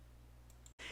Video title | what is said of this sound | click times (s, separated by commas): #358 Christmas Craft Fair Ideas to make & sell resin art decor nightlights & ornaments | And again, you'll hear a little click as you're holding uh the button down. | 0.5 s, 0.7 s